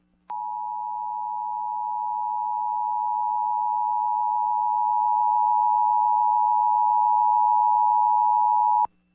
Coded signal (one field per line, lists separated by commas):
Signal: Emergency Alert System (SAME) tones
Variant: 853 and 960 Hz attention tone